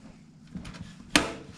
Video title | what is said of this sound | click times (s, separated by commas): 12 Year Old Builds A PC Part 1 | yeah this side needs to click in | 1.2 s